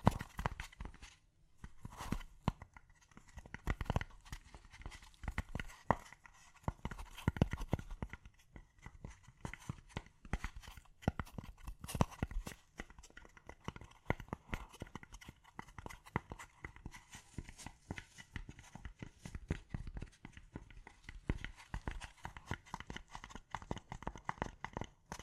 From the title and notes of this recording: ASMR Gently Tapping You to Sleep (No Talking).